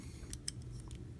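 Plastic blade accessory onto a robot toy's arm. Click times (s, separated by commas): 0.5 s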